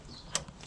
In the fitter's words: and you'll hear it click into place, and just check it's firmly in position,